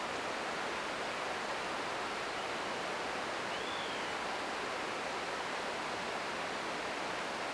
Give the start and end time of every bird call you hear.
[3.48, 4.19] Water Rail (2.6-3.9 kHz)

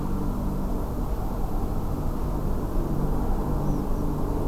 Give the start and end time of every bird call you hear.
[3.65, 4.02] Tree Pipit (5.1-6.5 kHz)

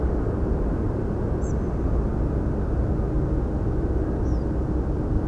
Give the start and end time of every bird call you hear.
[1.41, 1.52] Spotted Flycatcher (5.3-8.5 kHz)
[4.24, 4.43] European Pied Flycatcher (4.5-7.6 kHz)

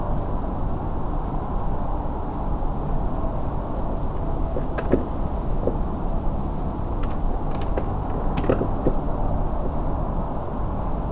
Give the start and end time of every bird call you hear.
[9.66, 9.83] Redwing (6.0-7.6 kHz)

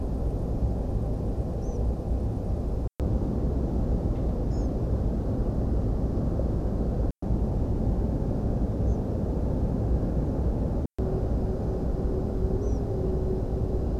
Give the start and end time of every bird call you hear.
[1.62, 1.77] European Pied Flycatcher (4.6-7.8 kHz)
[4.50, 4.67] European Pied Flycatcher (4.8-7.3 kHz)
[8.86, 8.97] European Pied Flycatcher (5.2-7.7 kHz)
[12.61, 12.79] European Pied Flycatcher (4.4-8.3 kHz)

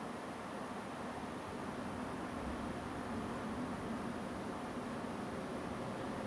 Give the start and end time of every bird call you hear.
[3.35, 3.38] Song Thrush (6.6-7.3 kHz)

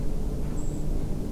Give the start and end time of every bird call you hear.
[0.56, 0.88] Redwing (6.9-8.5 kHz)

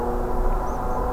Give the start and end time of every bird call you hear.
[0.66, 0.99] Tree Pipit (5.3-6.9 kHz)

